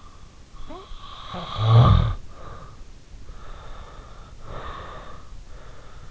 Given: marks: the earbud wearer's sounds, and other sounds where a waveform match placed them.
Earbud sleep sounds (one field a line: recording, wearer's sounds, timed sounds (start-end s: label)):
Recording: sounds in sleep by an in-ear microphone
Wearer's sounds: snoring breath, breath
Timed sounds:
0.22-2.91 s: snoring breath
3.07-5.54 s: breath